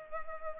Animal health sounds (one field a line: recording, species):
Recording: mosquito wingbeat signal from an infrared sensor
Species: Culex pipiens